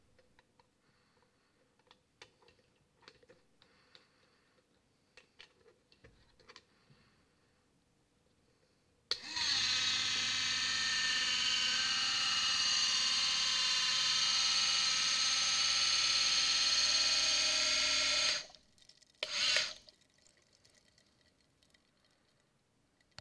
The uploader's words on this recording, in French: 1ere mise en eau ballasts planeur sous-marin.